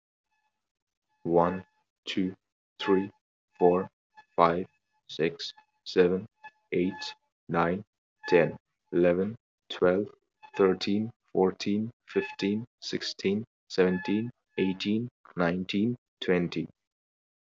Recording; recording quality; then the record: counting at a normal pace; moderate, slight background noise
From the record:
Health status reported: exposed to COVID-19, no respiratory illness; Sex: male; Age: 19 years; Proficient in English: yes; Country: India